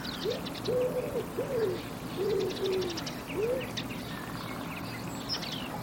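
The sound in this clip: Bird making a run of soft, low, arched cooing notes through the first two-thirds, with faint high chirps and a steady background hum.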